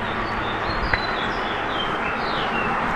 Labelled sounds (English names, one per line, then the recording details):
House Finch song
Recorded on Long Island, New York, on 21 June 2011
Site IT
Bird A